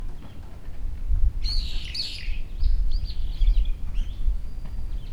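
Bird calls: a loud, harsh, high chirping burst early, followed by softer thin chirps, with low rumble and background noise throughout.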